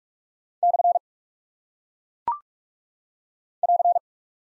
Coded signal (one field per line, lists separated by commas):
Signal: Morse code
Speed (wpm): 44 wpm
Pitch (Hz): 700 Hz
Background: none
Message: / <AR>